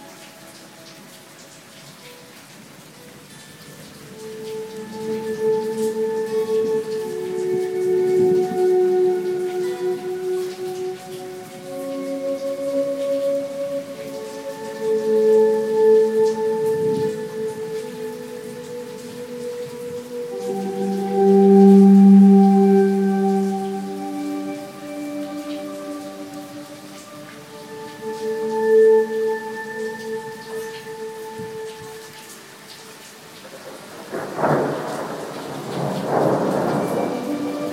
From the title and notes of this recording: Thunderstorm guitar Swells. During a thunderstorm recently, I was playing some (weird)guitar through a volume pedal, compressor, and a lot of reverb + delay. I put my phone in the door opening to my balcony.